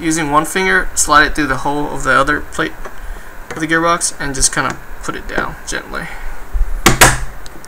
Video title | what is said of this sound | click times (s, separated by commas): Classic Army M15A4 part 4/4 | should snap perfectly should hear that snap | 6.9 s, 7.0 s